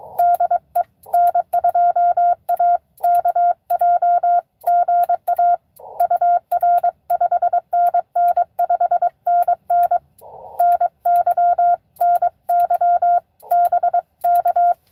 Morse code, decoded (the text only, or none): DE N2AKJ GA UR 5NN 5NN NY NY BK